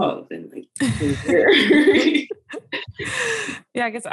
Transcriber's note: laughs